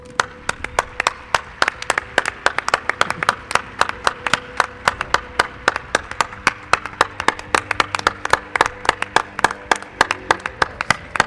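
Audience applause greeting a guest introduced on the Milenio 3 radio show fills the whole stretch, a dense patter of sharp hand claps at a quick, uneven rhythm, fairly loud and steady throughout with no voices on top.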